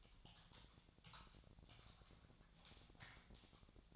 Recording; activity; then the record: daily activity, microphone in the room; typing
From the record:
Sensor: 3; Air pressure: 999.2 hPa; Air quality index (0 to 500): 206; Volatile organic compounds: 55 ppm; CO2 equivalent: 3362 ppm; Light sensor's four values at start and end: 8/20/7/8 and 8/20/7/8